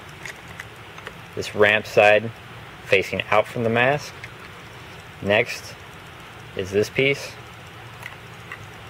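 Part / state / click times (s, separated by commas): swivel buckle piece into snorkel mask frame / not seated / none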